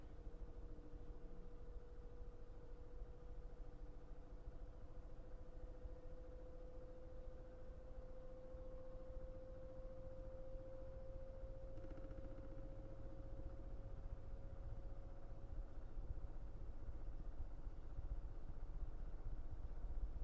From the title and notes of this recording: Laundry Washing Machine White Noise. The sound of a laundry washing machine as it washes away the dirt and grime of your clothes. The sound of a white noise hum.